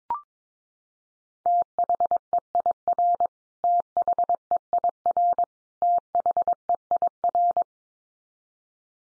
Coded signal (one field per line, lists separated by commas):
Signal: Morse code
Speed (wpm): 22 wpm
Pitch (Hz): 700 Hz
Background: none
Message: THEIR THEIR THEIR